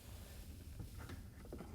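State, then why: Not seated. A plastic pump filter housing (WPW10192799, for Whirlpool/KitchenAid/Maytag dishwashers) is set back into the dishwasher sump, with its locking tab guided underneath the tube before it is lowered and pushed in. Over a steady low rumble come soft plastic handling rustles and light bumps, including a brief tap at about 1.5 seconds. Nothing has snapped or clicked into place yet.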